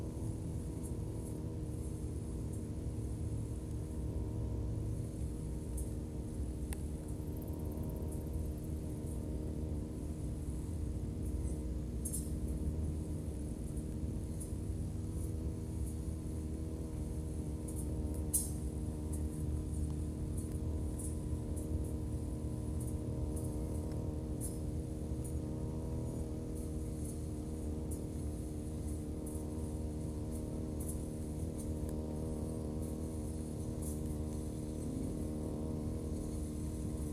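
A grass cutter runs without pause, cutting between rows of green onions and around the field. Its engine holds a steady, dense drone with a layered hum, while sharp ticks and snaps from cut stalks and grit scatter through, especially around the middle.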